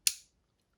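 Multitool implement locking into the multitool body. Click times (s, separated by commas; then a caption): 0.1 s. A tool on a metal Mil-Tec multitool is opened to its stop and locks securely into the multitool body. A single sharp, bright metallic click sounds at 0.1 s and fades within about a quarter second, followed by near silence. The implement is seated and locked open.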